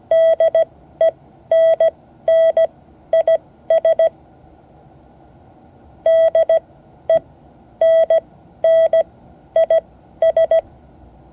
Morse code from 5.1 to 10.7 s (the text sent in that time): DENNIS